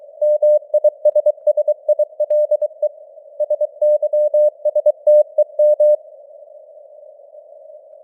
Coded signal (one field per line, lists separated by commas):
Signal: Morse code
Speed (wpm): 23 wpm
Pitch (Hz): 600 Hz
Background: none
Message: MISSILE SYSTEM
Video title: Morse Code News | 2025-10-26 | 23wpm